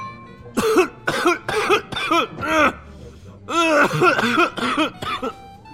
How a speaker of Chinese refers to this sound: 这话刚说完，路过的桌子边上有人突然爆发出了剧烈的咳嗽声，这回的咳嗽声如此响亮，让人根本无法忽视。